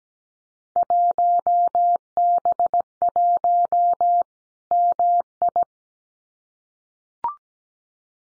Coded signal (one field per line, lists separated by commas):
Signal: Morse code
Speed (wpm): 17 wpm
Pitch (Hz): 700 Hz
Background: none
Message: 1B1 MI